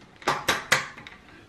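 A T8 LED tube is set into both lamp holders (tombstones) of a fluorescent fixture and twisted until it clicks into place. Sharp broadband snaps land at about 0.3 s and 0.5 s, then the loudest, crispest click at 0.7 s, followed by a faint tick near 1.1 s. The tube is seated, with the click at 0.7 s.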